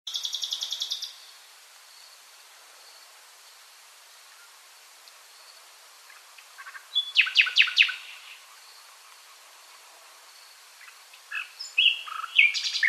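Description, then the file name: Common nightingale giving separate bursts: a rattling trill, a long pause, then a loud rapid stuttered phrase, another pause, and a final run of varied notes. "Luscinia megarhynchos"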